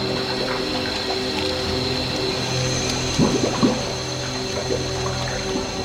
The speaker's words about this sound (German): Mein Boot, mein Boot! Ach, so eine Gemeinheit, er hat unser Boot gerammt. Ach, der gemeine Kerl. Mein Boot ist kaputt, es geht unter.